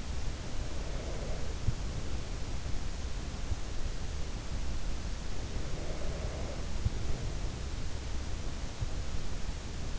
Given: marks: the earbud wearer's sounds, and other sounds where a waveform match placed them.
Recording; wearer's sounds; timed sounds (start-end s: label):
sounds in sleep by an in-ear microphone; breath
0.00-3.14 s: breath
5.46-7.99 s: breath